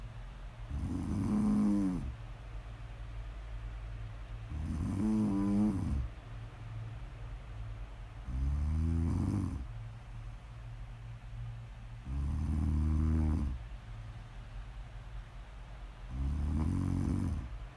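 Five loud, low rumbling snores from a sleeping adult, about 16 a minute, with quiet breathing between them: ordinary sleep snoring.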